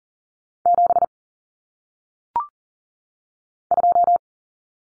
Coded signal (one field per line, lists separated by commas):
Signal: Morse code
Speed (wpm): 40 wpm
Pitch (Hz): 700 Hz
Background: none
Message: 7 2